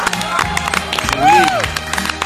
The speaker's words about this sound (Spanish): Son las 7:07 y le agradecemos a alguien que hoy nos dio una alegría espectacular. Sí. Arroba choripanería al paso. Qué este bien. Es el aplauso para ellos.